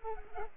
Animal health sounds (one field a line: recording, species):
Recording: mosquito wingbeat signal from an infrared sensor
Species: Culex pipiens